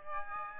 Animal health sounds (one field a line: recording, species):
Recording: mosquito wingbeat signal from an infrared sensor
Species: Aedes aegypti